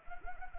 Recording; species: mosquito wingbeat signal from an infrared sensor; Anopheles arabiensis